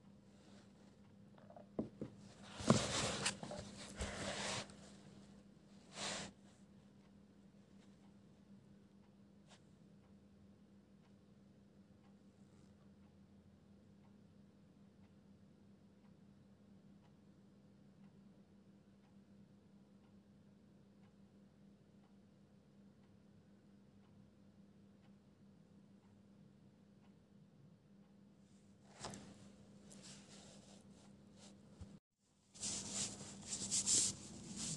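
Pencil scribbles and paper rustles come in short, scratchy bursts near the start, around 6 seconds, and again in the last few seconds. Between them is a long quiet stretch with only a faint, steady low hum. A brief total silence falls just before the final burst.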